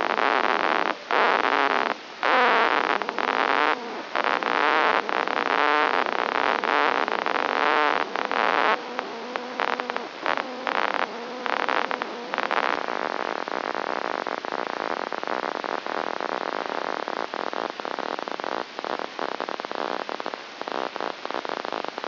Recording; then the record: brain microelectrode recording played as sound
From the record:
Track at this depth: inside the subthalamic nucleus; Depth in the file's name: 4.502 mm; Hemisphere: left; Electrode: 2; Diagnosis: Parkinson's disease